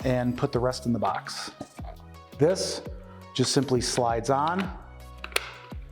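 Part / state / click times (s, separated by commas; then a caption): US plug adapter onto scanner power supply / seated / 5.2 s, 5.4 s. A plastic US plug adapter is slid onto the wall power supply unit of a Heron IOS intraoral scanner while someone talks over background music. It snaps into place with sharp clicks at 5.2 and 5.4 seconds, and the adapter is seated securely.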